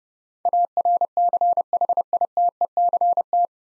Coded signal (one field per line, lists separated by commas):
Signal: Morse code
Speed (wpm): 30 wpm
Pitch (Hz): 700 Hz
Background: none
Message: ARCHITECT